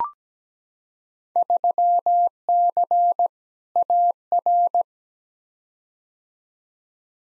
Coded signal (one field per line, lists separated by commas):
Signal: Morse code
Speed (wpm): 17 wpm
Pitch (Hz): 700 Hz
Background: none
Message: 3C AR